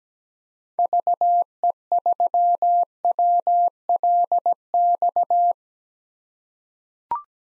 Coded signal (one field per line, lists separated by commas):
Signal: Morse code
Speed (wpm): 17 wpm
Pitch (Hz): 700 Hz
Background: none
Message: VE3WLX